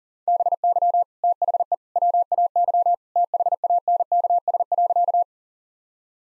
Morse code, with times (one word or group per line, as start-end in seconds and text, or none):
0.3-1.0 BY
1.2-1.7 THE
2.0-2.9 WAY
3.2-5.2 THANKS.